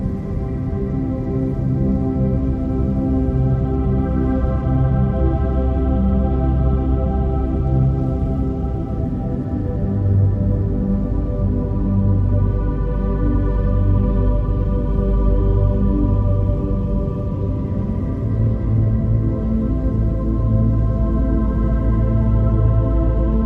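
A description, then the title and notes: Space ambience built from a deep, sustained drone with layered tones that hold steady and shift slowly, changing chords around ten and seventeen seconds. Low bass dominates, with soft higher shimmers above. The level stays even throughout, with no distinct events. Space Ambience. The gentle hum of your spacecraft's engines as you journey deep into space, while beautiful ambient music accentuates the experience.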